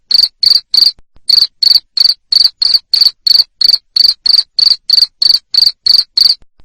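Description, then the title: Cricket producing loud, regularly spaced high chirps, close to three per second, after one short pause early on. Loud cricket chirping played to stimulate lovebirds so they keep singing in the 'ngekek' style. "Suara JANGKRIK NGERIK Keras Bikin LOVEBIRD Jadi NGEKEK Terus Vubey"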